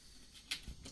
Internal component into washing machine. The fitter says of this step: Là, c'était à peu près là. Hop. Voilà. Ça s'est enclenché.